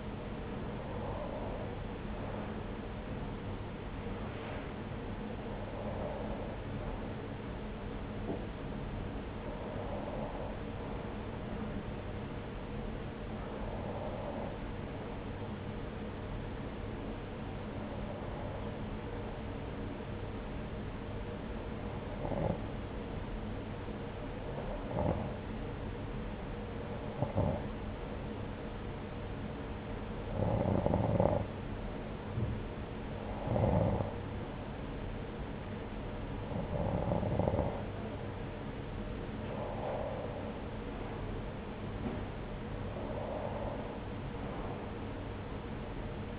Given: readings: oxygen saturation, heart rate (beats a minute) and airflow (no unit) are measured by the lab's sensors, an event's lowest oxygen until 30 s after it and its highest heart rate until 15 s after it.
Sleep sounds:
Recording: breathing in sleep by a voice recorder at the bedside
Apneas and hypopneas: 1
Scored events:
11.00-40.10 s: hypopnea (N1, oxygen 93% highest, then 90% lowest, heart rate 78 at the start, 83 highest)
From the record:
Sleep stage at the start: N1 (lightest sleep)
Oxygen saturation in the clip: 91 to 93%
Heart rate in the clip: 71 to 83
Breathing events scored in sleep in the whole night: 303 in 8.1 hours asleep

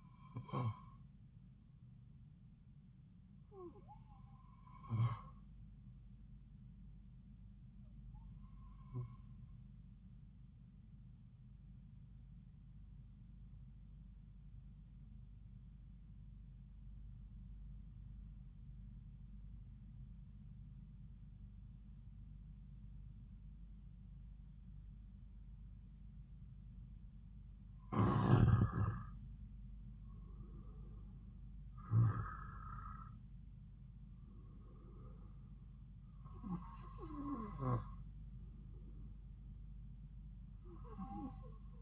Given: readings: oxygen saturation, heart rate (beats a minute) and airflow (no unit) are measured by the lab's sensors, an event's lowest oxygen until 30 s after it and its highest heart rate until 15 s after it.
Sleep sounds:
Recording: breathing in sleep by a smartphone at the bedside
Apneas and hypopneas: 1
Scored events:
3.00-41.82 s: new sleep stage, N2 (light sleep)
17.00-29.30 s: obstructive apnea (N2, oxygen 94% highest, then 88% lowest)
From the record:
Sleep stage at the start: N1 (lightest sleep)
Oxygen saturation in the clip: 89 to 94%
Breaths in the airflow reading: 7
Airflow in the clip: -4.1 to 5.1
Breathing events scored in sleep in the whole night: 270 in 6.1 hours asleep

